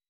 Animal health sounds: hydrophone in a shrimp aquaculture tank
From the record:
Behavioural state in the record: weakened

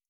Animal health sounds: hydrophone in a shrimp aquaculture tank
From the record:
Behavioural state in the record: stressed

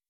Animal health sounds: hydrophone in a shrimp aquaculture tank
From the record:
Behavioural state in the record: weakened

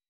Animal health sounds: hydrophone in a shrimp aquaculture tank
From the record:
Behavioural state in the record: weakened

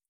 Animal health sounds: hydrophone in a shrimp aquaculture tank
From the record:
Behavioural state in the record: feeding

